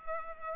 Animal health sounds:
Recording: mosquito wingbeat signal from an infrared sensor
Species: Culex pipiens

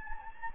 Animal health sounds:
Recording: mosquito wingbeat signal from an infrared sensor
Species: Anopheles gambiae

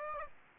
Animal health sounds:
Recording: mosquito wingbeat signal from an infrared sensor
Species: Aedes aegypti

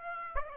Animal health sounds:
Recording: mosquito wingbeat signal from an infrared sensor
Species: Aedes aegypti

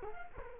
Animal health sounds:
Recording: mosquito wingbeat signal from an infrared sensor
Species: Culex quinquefasciatus

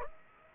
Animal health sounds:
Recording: mosquito wingbeat signal from an infrared sensor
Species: Aedes aegypti

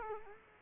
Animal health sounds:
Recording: mosquito wingbeat signal from an infrared sensor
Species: Culex quinquefasciatus

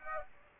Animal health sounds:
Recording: mosquito wingbeat signal from an infrared sensor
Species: Aedes aegypti

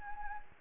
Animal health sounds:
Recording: mosquito wingbeat signal from an infrared sensor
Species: Anopheles gambiae

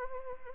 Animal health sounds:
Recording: mosquito wingbeat signal from an infrared sensor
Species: Anopheles arabiensis

